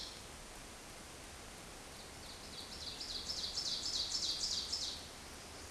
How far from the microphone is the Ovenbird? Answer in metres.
about 20 m